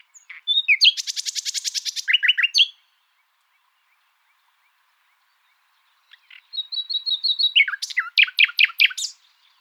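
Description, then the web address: Common nightingale delivering a dense buzzy trill that ends in quick notes, then after several seconds of quiet a thin whistle followed by loud, rhythmic repeated chips. "luscinia megarhynchos call"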